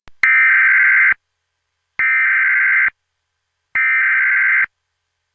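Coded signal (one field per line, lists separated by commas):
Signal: Emergency Alert System (SAME) tones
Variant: header bursts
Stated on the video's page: Fictional EAS scenario.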